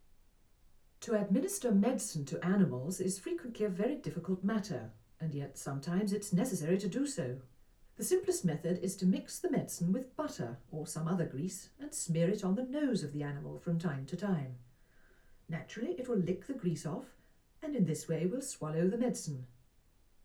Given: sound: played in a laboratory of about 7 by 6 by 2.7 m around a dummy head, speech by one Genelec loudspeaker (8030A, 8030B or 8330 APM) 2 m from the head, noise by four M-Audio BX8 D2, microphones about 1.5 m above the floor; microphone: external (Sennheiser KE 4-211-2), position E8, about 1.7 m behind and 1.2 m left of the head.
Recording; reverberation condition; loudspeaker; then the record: female speech in English; low; 60 degrees to the right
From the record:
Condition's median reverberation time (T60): about 310 ms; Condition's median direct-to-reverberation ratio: about 3.5 dB